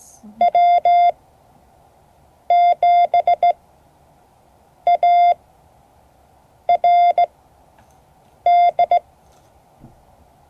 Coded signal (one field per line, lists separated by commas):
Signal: Morse code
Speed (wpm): 17 wpm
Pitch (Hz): 700 Hz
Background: none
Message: W7ARD